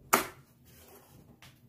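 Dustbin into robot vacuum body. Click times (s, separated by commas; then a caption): 0.1 s. A plastic dustbin is pushed back into an Ecovacs Yeedi K700 robot vacuum and clicks into place with one sharp, bright hit at 0.1 s, followed by a much quieter short knock at 1.4 s. The dustbin is seated.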